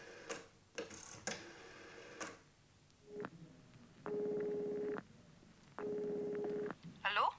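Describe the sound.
A telephone call to a man's secretary goes through: a few sharp clicks and knocks, then two long buzzing rings with a steady pitched tone, each under a second, and a voice briefly begins at the very end.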